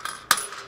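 A metal solar panel mounting clip is pressed into an aluminium mounting rail and pops into place with a sharp, bright metallic click at 0.3 seconds. A faint tap comes just before, and a short ringing tail follows. The clip is seated in the rail.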